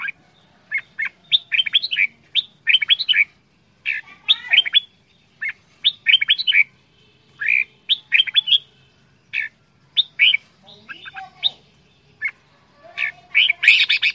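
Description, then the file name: Red-whiskered bulbul song: bright, fluty whistled phrases of quick rising and falling notes, repeated in bursts with short pauses, some harsher chatter near the end. Quảng Ngãi, Vietnam; 'chè đao' bulbul, described as having a frantic voice. "tieng chao mao quang ngai che dao giong dien cuong"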